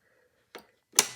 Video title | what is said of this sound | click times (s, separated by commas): 1337. How to operate and where to oil an Edison Standard phonograph ￼ | locks in place also when it came in this bearing | 1.0 s